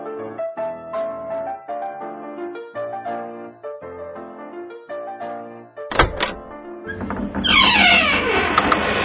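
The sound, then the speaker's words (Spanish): Gentle melodic music plays, then breaks off for three loud, quick knocks on a door, followed by a harsh, rumbling wash of noise. “Suenan 3 golpes fuertes en la puerta”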